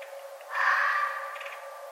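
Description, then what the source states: Red fox call: a single raspy, drawn-out shriek that starts abruptly and fades over roughly a second, with a faint pulsed chirp near the end. Recorded on 11 November 2011.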